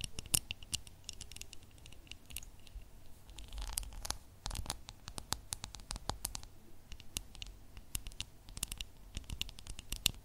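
Tapping goes on throughout in quick, uneven clusters of sharp, bright clicks, some louder than others, with no talking. Around the fourth and fifth seconds the taps blur into a brief scratchy rustle, and a soft low hum sits underneath the whole time.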